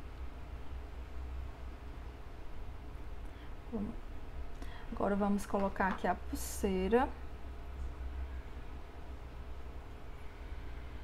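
Someone talks while lining up a watch strap with the slot on a replica Apple Watch Ultra smartwatch case (VVFIT app, 2023 version) before pushing it in. A steady low hum runs underneath. The strap has not clicked into place yet.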